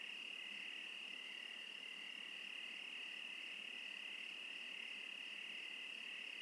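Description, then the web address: Many crickets chirping together in a constant shrill drone, with rapid faint pulses layered underneath. Crickets in the Oregon wilderness, USA. "Sonniss com - GDC 2018-Game Audio Bundle Discover Oregon - Wilderness Crickets Crickets - Crickets Interlude"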